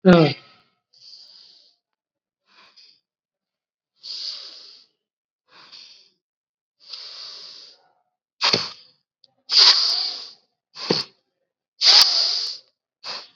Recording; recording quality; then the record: deep breathing; excellent, no background noise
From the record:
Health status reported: COVID-19 positive, mild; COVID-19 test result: positive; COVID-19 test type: RT-PCR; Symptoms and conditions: cough, fever, fatigue, muscle pain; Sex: female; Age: 55 years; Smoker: no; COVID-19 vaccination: both doses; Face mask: not worn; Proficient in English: yes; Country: India